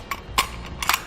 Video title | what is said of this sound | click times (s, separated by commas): Mount: Fit Kit for Thule Evo Clamp and Edge Clamp Roof Rack Feet on a 2014 Volkswagen Passat | we have that click we can see hooks locked in place now | 0.4 s